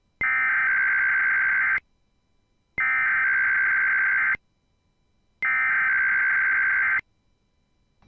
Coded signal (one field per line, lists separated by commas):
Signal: Emergency Alert System (SAME) tones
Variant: header bursts